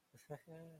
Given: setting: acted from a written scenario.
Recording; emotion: vocal sound without words; embarrassment